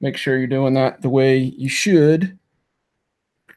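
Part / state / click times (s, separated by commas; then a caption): crimped pin into servo connector housing / not seated / none. Someone talks while handling a crimped metal pin on a custom servo lead and the small plastic connector housing it goes into. After the talking stops, a faint brief tick is heard at about 3.5 s. The pin has not yet seated or clicked into the housing.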